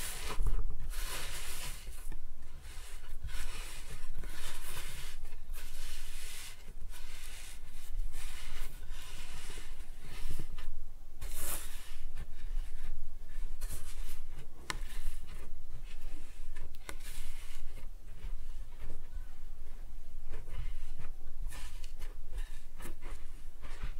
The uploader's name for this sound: Kinetic Sand Cutting and Scooping Sounds